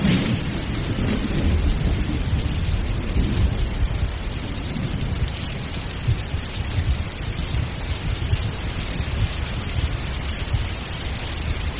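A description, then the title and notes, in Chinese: A thunderstorm with heavy rain pours down in a dense, unbroken wash from start to finish. A deep, rolling rumble sits beneath the hiss throughout, and the level stays steady, with no sharp cracks or pauses. 助眠雷雨声 雨声白噪音。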